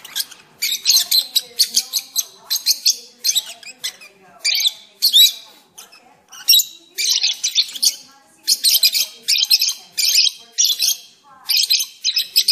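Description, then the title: Oriental magpie-robin delivering a long, lively song of scratchy, high-pitched chattering phrases in repeated bursts with short gaps between them. "Kicau Kacer"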